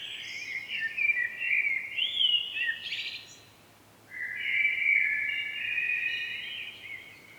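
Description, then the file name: Common blackbird singing two warbled, fluty phrases with squeaky, higher twitters, separated by a short pause. "Turdus merula"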